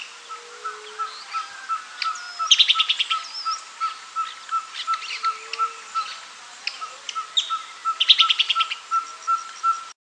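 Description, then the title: Fuscous Flycatcher recording: two rapid chattering bursts of clicky notes over a steady pulsing tone repeated about twice a second, with other scattered bird chirps. Possibly subspecies bimaculatus. "LuckyPassaro Completos2Sama. Fuscous Flycatcher (Cnemotriccus fuscatus bimaculatus?)"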